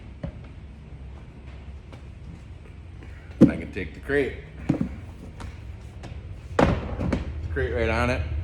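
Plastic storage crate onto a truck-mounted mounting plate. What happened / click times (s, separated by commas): Plastic crate handled near its mount, not yet latched / none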